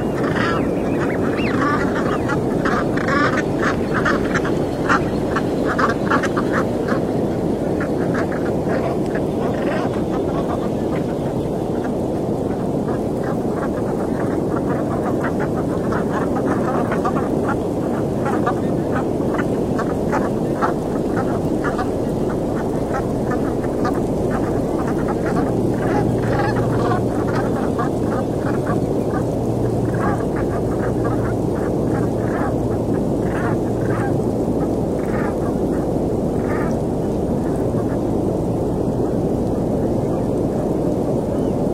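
Seabirds call over a steady wash of ocean surf that fills the low and middle range without pause for the whole stretch. Short, quacking bird cries come in quick, dense bursts throughout, thickest in the first half, while a faint low hum enters near the middle.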